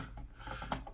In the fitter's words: get him in there i just did it there we go see and he snaps right in there through magnetization